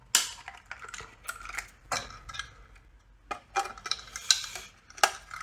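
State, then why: Seated. The plastic basket of the fill valve on an Ideal Standard / Multibrand Prosys 80 cistern is pressed onto the top of the valve and clicks in at 0.2 s with a sharp snap. Lighter plastic clicks and knocks follow through the rest of the clip, with stronger taps near 1.9 s, 4.3 s and 5.0 s. The basket is seated.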